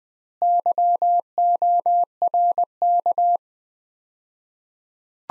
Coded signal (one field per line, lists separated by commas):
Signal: Morse code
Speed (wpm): 20 wpm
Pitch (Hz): 700 Hz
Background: none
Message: YORK